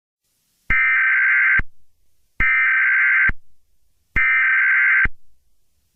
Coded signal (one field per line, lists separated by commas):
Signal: Emergency Alert System (SAME) tones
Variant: header bursts